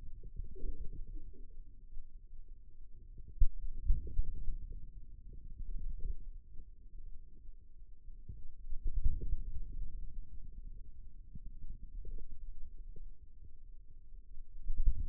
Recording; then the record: forearm muscle sounds (acoustic myography)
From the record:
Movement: outward rotation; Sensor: system 2, bracelet of six BSWA MPA416 microphones around the upper forearm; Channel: 3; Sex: male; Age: 22 years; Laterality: right